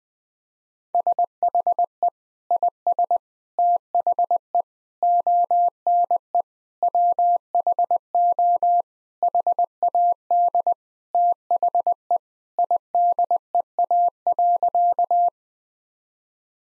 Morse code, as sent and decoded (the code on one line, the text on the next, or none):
... .... . / .. ... / - .... . / --- -. . / .-- .... --- / .... .- -.. / - .... . / .. -.. . .- .-.-.-
SHE IS THE ONE WHO HAD THE IDEA.